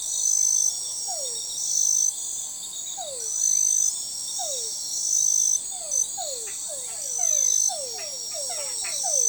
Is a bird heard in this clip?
no